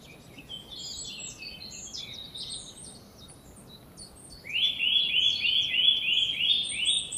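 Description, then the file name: Eurasian nuthatch delivering a fast string of loud, upward-sweeping whistles in the second half, after a stretch of thin, jumbled twittering. "Sitta europaea"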